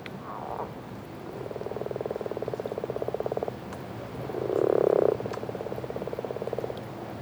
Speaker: Crapauds communs et grenouilles rouges chantent. Pourtant, il fait à peine 10 degrés euh, sur le lac.